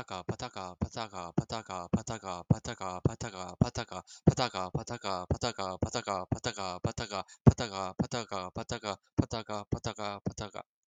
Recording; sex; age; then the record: repeated syllables /pa ta ka/; male; 20 to 29 years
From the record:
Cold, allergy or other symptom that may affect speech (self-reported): no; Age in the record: 25 years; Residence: California, United States